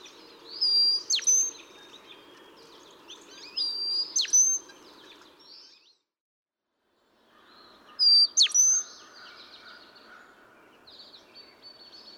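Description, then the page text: Brown-headed cowbird flight whistles: three bursts, each a thin high whistle with a sharp downward slide, spaced a few seconds apart, with faint background bird sounds. Flight whistles from two males, three from the first and two from the second; April 10, 2017, Cricket Hill, Conway, Massachusetts. "Birdsong for the Curious Naturalist. Brown-headed cowbird"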